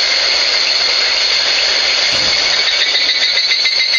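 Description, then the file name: Walker's cicada song, an intense steady shrill buzz that grows pulsed and rhythmic toward the end, with a brief low thump midway. "ツクツクボウシ"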